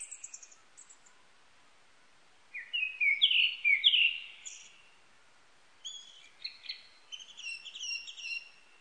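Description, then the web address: Japanese thrush singing varied phrases: high thin notes, then loud rich warbled whistles, followed by mixed higher twittering notes. Recorded 19 April 1998. "1998 980419 kurotugumi"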